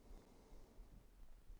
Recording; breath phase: one breath near a microphone; exhalation